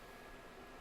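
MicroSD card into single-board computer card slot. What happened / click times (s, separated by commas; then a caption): The card is being handled but has not clicked into its slot yet / none. A microSD card is handled at the spring-loaded slot on the underside of a single-board computer, a Raspberry Pi, with only a steady broadband hiss and faint low rumble heard. Nothing has seated or clicked yet.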